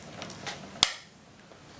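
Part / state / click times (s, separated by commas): attachment head into microdermabrasion unit / seated / 0.8 s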